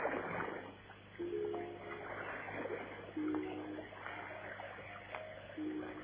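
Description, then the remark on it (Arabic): Mediterranean Sea water washes steadily at the shore while Alexander the Great tosses stones in one after another, three splashes landing about two seconds apart, each a brief plunk with a slight ringing tone. “جلس الاسكندر عند شاطئ البحر المتوسط والقى حجرا وراء حجر.”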